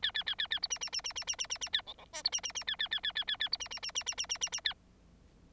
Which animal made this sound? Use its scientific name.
Lonchura striata domestica